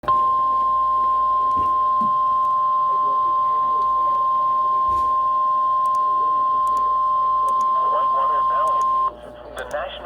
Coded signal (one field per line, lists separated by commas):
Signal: Emergency Alert System (SAME) tones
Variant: 1050 Hz attention tone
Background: speech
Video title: EAS/NWR Alert or message #329: 26th SVR